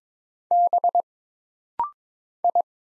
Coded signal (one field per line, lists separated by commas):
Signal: Morse code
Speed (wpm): 22 wpm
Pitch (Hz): 700 Hz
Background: none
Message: B I